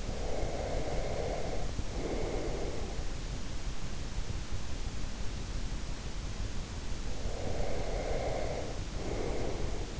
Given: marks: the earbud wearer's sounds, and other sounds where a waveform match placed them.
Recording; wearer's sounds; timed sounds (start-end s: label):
sounds in sleep by an in-ear microphone; breath
0.00-3.49 s: breath
7.17-9.99 s: breath